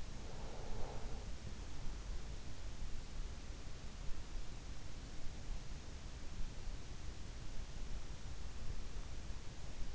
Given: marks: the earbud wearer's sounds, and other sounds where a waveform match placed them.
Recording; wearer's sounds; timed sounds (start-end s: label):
sounds in sleep by an in-ear microphone; breath
0.00-2.09 s: breath